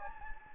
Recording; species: mosquito wingbeat signal from an infrared sensor; Anopheles gambiae